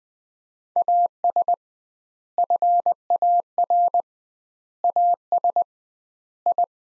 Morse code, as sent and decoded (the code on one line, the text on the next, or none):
.- ... / ..-. .- .-. / .- ... / ..
AS FAR AS I